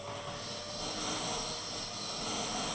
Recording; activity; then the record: daily activity, microphone in the room; vacuum cleaning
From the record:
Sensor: 4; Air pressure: 1000.1 hPa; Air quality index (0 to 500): 232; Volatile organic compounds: 32 ppm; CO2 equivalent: 2992 ppm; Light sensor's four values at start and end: 9/21/8/8 and 9/21/8/8